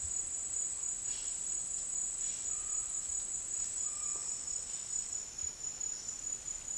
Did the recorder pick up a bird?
no